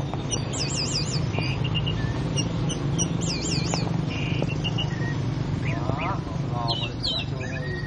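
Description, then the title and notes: Oriental magpie-robin song: varied high whistles with looping, warbled phrases repeated twice, then short rising notes, against a low continuous background hum. "Kicau Kacer. manukmanukan"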